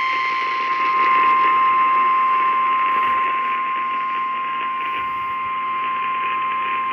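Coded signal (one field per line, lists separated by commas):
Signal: Emergency Alert System (SAME) tones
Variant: 1050 Hz attention tone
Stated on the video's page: Compilation of real EAS alerts, mostly tornado warnings.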